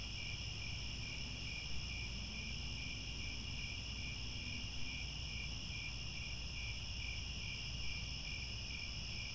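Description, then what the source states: Cricket chorus with rapid, evenly pulsed chirping in the lowest band and steady higher trills above, set against continuous low rumble. Cricket chorus recorded at twilight, as the sun sets.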